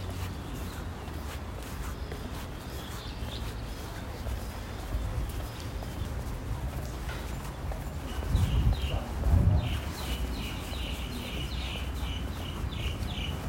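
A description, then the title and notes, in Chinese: Birds call over a steady rumble of wind in a city setting. Strong low gusts swell around eight to ten seconds, while short repeated bird chirps sound in bursts, most clearly from about ten seconds to the end, with faint earlier calls near three seconds. 竹圍捷運站旁自行車道。星期日的正午時分， 風兒與鳥兒都有些喧囂。跨過捷運站獨自一人走向碼頭，正巧遇上退潮。都市鳥叫聲。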